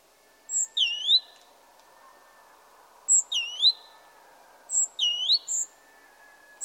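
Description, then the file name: Great tit giving short bursts of a few sharp high notes, repeated every couple of seconds, over a faint steady hum. "Parus major"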